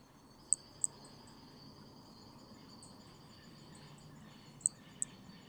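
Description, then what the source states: Hermogenes' toadlet calling with tiny, very high-pitched clicking notes, two close together near the start and another pair near the end, over a steady insect hum. Specimen MHNCI 186, Picinguaba, Brazil.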